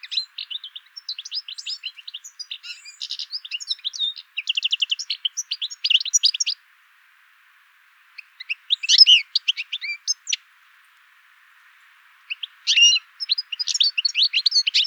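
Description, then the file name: European goldfinch giving liquid twittering calls with buzzy rapid trills, delivered in long lively phrases broken by two silent pauses. "Carduelis carduelis"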